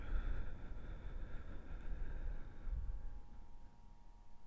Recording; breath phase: one breath near a microphone; exhalation